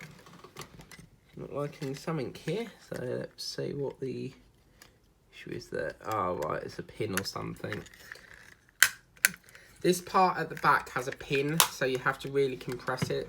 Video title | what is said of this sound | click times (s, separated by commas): Build The Eddie Stobart 1:12 Scale Issue 67 Part 1 | Once you hear that click, that should not be a problem. | 8.8 s, 9.2 s